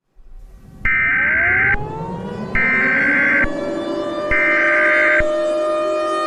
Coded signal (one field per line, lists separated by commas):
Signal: Emergency Alert System (SAME) tones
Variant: header bursts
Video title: Exodus (EAS Scenario)